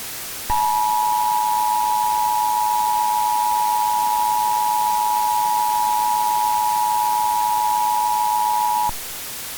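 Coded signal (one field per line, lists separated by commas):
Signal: Emergency Alert System (SAME) tones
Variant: 853 and 960 Hz attention tone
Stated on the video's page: Fictional EAS short about a dam break.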